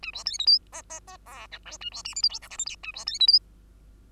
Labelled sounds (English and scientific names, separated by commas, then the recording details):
Bengalese Finch (Lonchura striata domestica) song
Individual Bird2